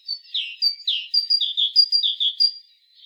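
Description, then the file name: Great tit giving a brisk string of sharp high notes paired with lower sweeping notes, no other sounds. "Parus major"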